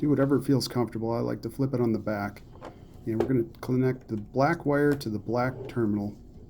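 Someone talks while handling the black wire's spade connector, about to push it onto the black terminal of a 12V sealed lead-acid RBC17 replacement battery for an APC Back-UPS BE550G, with the battery flipped on its back. Only speech is heard, with no distinct click, and the connector has not seated or clicked on yet.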